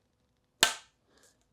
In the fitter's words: and you can hear it pops in really nicely now